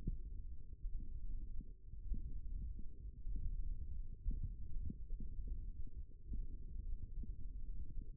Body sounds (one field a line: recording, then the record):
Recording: forearm muscle sounds (acoustic myography)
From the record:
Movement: tripod grip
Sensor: system 1, eight BSWA MPA416 microphones around the upper forearm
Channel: 2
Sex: male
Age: 18 years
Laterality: right